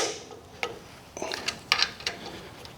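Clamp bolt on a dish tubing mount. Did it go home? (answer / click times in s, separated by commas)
yes / 0.6 s, 1.7 s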